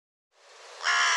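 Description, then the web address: Bird giving one harsh, raspy caw near the end, after a soft rising hiss. "cianscape birddata Deverinetal 2025"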